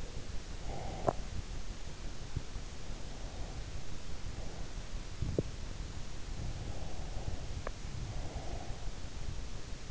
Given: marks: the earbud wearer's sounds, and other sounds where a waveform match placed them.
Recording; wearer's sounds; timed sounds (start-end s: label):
sounds in sleep by an in-ear microphone; breath
0.00-1.55 s: breath
0.97-1.29 s: sound from someone else or the room
2.79-4.90 s: breath
5.12-5.55 s: sound from someone else or the room
6.33-8.83 s: breath